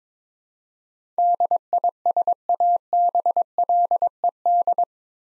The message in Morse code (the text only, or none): DISABLED